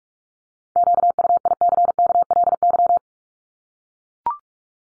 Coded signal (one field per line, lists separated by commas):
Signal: Morse code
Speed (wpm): 44 wpm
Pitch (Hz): 700 Hz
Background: none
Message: QUICKLY